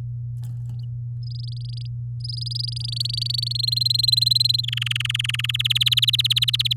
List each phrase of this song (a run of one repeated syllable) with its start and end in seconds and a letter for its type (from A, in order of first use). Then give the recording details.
1.23-1.87 A, 2.20-3.53 A, 3.55-4.61 B, 4.63-5.51 C, 5.54-6.73 D. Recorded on 8 May 2018 at 11:49. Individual llb16